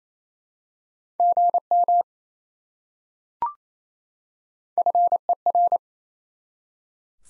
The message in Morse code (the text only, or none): GM FER